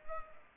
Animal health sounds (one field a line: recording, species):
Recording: mosquito wingbeat signal from an infrared sensor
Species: Culex pipiens